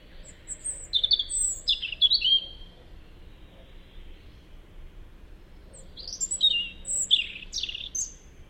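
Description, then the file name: European robin delivering two rippling phrases of high, liquid whistles and trills, with a quiet pause between them. "Erithacus rubecula"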